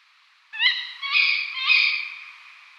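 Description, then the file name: Tawny owl calls: three harsh, nasal notes about half a second apart, each with rising harmonics, trailing off into a long reverberant fade. Female. "Strix-aluco hlas-samice"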